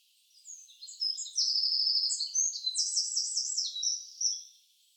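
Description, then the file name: Eurasian wren song, a rapid series of shrill notes and two quick buzzy trills lasting about four seconds before stopping. "Troglodytes troglodytes"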